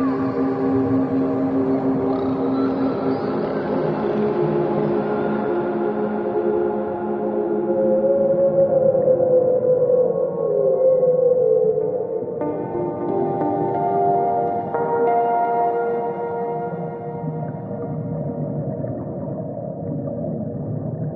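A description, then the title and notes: A steady, dense wash of layered low tones hums throughout, with gliding whistle-like calls sweeping through the middle, strongest around eight to twelve seconds. Brief brighter tones step in near twelve and fifteen seconds, while a soft low rumble sits underneath. Dolphin s Songs + Alpha Binaural Beats.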